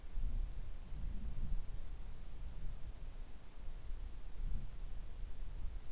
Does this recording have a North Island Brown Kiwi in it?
no